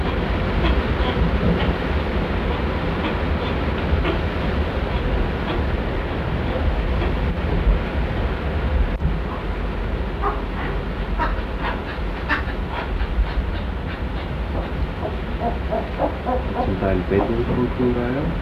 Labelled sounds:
Western Cattle Egret (Bubulcus ibis) call
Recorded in captivity
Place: Wien, Schloss Willhelminenberg, Wien, AT
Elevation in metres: 360
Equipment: Halbspur, 9,5 cm/s
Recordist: Lütgens, Hans

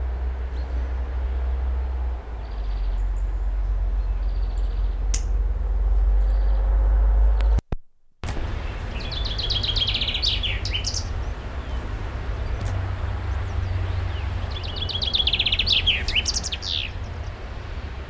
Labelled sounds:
Common Chaffinch (Fringilla coelebs) song
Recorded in the wild
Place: Garmisch-Partenkirchen, Bayern, DE
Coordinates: 47.4889, 11.1356
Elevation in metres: 889
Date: 1980-04-02
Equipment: Uher 4000 Report
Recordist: Tretzel, Erwin

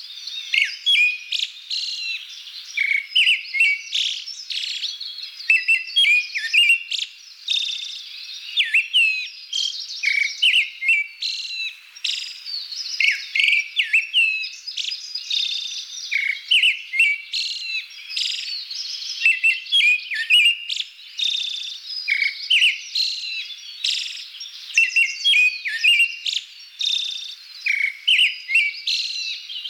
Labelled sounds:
Pale Thrush (Turdus pallidus) song
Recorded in the wild
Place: Tormasu (Umgebung), RU
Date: 1994-06-04
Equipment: Dat-Recorder Casio DA 7, Telinga DAT, Telinga-Parabolspiegel
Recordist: Schwarz, Dieter

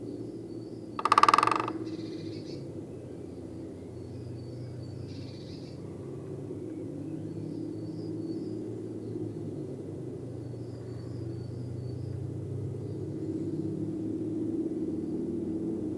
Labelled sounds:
Great Spotted Woodpecker (Dendrocopos major) drumming
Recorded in the wild
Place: Venz, Insel Rügen, Mecklenburg-Vorpommern, DE
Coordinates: 54.497, 13.302
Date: 1975-02-22
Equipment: Nagra III BH, Sennheiser MD 21, parabola
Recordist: Schubert, Michael
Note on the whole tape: Buntspecht trommelt variant (spontan), sehr konkret, aber von fernem Agrarflugzeug-Geräusch gestört

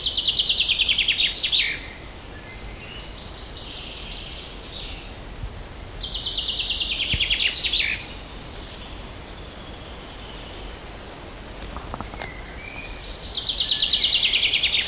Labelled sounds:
Common Chaffinch (Fringilla coelebs) song
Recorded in the wild
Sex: male
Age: adult
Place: Mühlenbecker Wald, Brandenburg, DE
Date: 1997-06-07 15:50
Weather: fair, ca. 26°C, gusty winds
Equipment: Nagra SN, Kopie Uher 4000 Report Monitor
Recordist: Tembrock, Günter

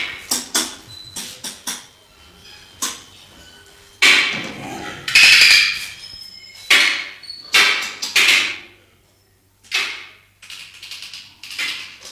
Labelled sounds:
Malbrouck (Chlorocebus cynosuros) call
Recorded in captivity
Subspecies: aethiops
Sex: pair
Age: adult
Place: Zoo Rostock, Mecklenburg-Vorpommern, DE
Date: 1984-02-03 12:56
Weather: bedeckt, 3-5°C
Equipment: Nagra SN, Kopie Uher 4000 Report Monitor
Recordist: Tembrock, Günter

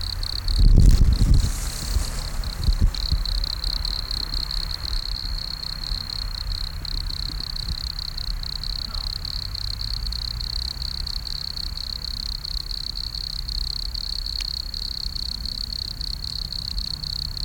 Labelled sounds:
Wood Cricket (Nemobius sylvestris) stridulation
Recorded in the wild
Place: Gößweinstein, Fränkische Schweiz, Bayern, DE
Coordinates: 49.72, 11.07
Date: 1995-09-06 10:37
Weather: schwach sonnig, 16,6°C
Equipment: Nagra SN, Sennheiser ME 80, Kopie Uher 4000 Report Monitor
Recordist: Tembrock, Günter

